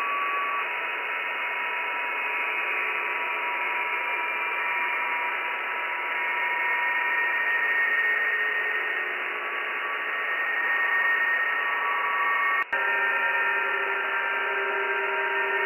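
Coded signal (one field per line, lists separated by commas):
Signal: PSK31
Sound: steady hiss with several faint, warbling pure tones at different pitches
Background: radio static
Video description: PSK31 Random Compilation using RTL2838/R820T SDR Dongle on 14 MHz HF with NooElec Upconverter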